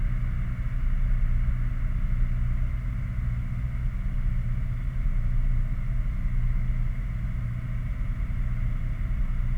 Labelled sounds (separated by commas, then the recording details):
machinery, flare stack
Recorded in the Prudhoe Bay oil fields, Alaska, on 11 August 2019 at 22:47
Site 29